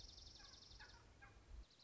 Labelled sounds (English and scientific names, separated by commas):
Dark-eyed Junco (Junco hyemalis)